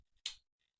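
An Ethernet cable's RJ45 plastic plug, clip oriented down, is pushed into a router LAN port and seats with a single sharp click at 0.3 s. The click is a bright, broadband snap that fades quickly, with faint low rustles before and after. The plug is confirmed seated in the port.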